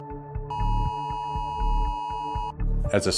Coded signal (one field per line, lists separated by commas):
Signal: Emergency Alert System (SAME) tones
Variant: 853 and 960 Hz attention tone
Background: speech, music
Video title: This Weather Radio Could Save Your Life